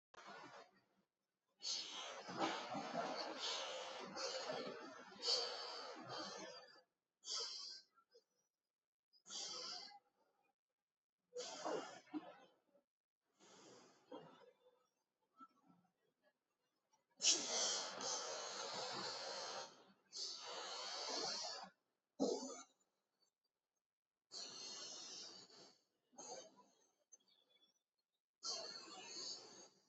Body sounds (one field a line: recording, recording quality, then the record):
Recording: shallow breathing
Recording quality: excellent, no background noise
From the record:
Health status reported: healthy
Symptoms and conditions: none ticked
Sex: male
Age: 71 years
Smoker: not ticked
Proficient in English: yes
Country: India